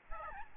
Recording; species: mosquito wingbeat signal from an infrared sensor; Aedes albopictus